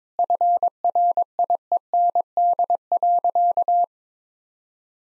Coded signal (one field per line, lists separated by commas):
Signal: Morse code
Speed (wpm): 22 wpm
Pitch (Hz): 700 Hz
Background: none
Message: FRIEND.